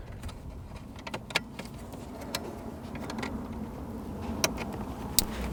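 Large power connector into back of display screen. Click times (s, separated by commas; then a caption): 5.2 s. A large power wire connector is pushed into the back of the new display screen while installing a CarPlay and Android Auto conversion kit in a 2016-2019 Lexus RX. Faint handling clicks and rustles come first, then a sharp click at 5.2 s as the connector snaps in and seats.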